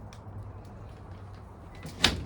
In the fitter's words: You'll hear a little click like that.